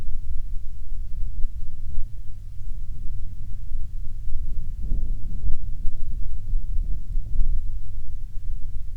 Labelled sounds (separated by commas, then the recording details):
bird, wind
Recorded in the Prudhoe Bay oil fields, Alaska, on 27 June 2019 at 00:12
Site 22